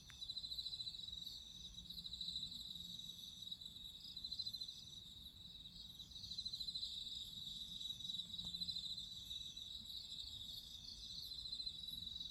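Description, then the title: High, continuous cricket trilling with fast pulses, rising and falling gently in loudness over a soft low hum. Crickets singing at midnight. "Listen to nature crickets singing at midnight"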